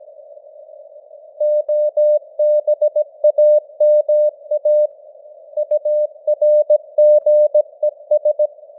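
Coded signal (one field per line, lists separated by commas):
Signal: Morse code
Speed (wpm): 17 wpm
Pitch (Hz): 600 Hz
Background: none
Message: OBAMA URGES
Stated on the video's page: Morse news headlines at 17 wpm with simulated radio noise and varying signal strength (QSB).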